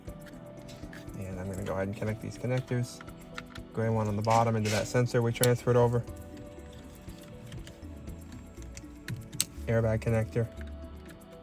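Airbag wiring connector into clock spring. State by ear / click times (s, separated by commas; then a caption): seated / 9.4 s. A Toyota Tundra's airbag wiring connector is plugged into the clock spring behind the steering wheel while someone talks over background music. A few small clicks come just before a single sharp snap at 9.4 s, when the connector seats.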